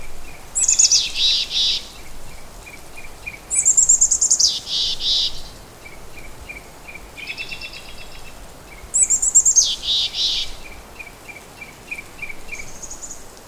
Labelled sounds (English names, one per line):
Mountain Chickadee call